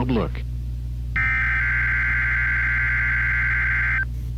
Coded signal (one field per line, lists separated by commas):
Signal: Emergency Alert System (SAME) tones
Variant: header bursts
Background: speech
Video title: NOAA Weather Radio required weekly test plus new radio layout EAS #106-109